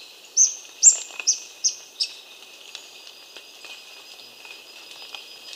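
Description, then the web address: Orange-crested flycatcher calls: a short series of five sharp high chips, then faint ticks in the background. Recorded in Ecuador. "Natures Songs S America Birds of Ecuador Orange-crested Flycatcher"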